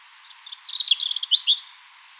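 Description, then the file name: European robin song: a thin high phrase of quick tumbling notes with a brief trill, ending in two louder notes. "Erithacus rubecula"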